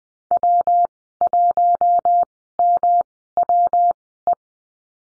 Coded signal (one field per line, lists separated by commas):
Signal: Morse code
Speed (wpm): 20 wpm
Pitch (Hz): 700 Hz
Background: none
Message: W1MWE